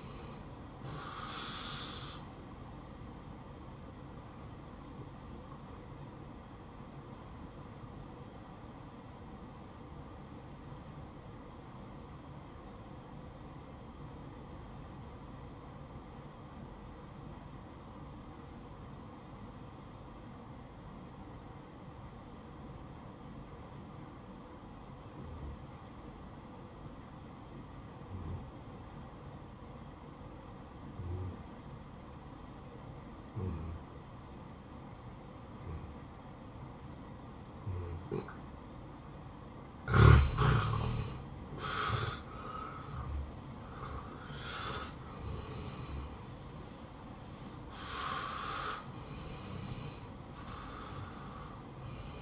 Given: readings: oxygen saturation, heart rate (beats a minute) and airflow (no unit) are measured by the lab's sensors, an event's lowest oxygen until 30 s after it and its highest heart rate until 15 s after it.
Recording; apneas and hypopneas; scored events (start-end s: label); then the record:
breathing in sleep by a smartphone at the bedside; 1
4.00-40.60 s: hypopnea (N1, oxygen 95% highest, then 83% lowest, heart rate 68 at the start, 77 highest)
From the record:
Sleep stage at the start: N1 (lightest sleep); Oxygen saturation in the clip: 84 to 95%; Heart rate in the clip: 55 to 77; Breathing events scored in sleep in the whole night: 573 in 9.8 hours asleep